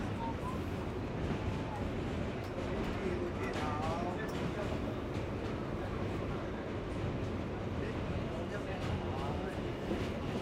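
Inside a subway car in motion, a dense, steady low rumble of wheels and track fills the whole stretch without letup. Murmured voices drift through the noise, with occasional brief squeals and clicks from the rails around the middle and near the end.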